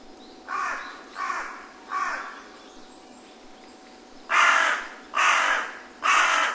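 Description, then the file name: Carrion crow calling in two bursts of three harsh caws, the second set louder than the first. "hasiboso"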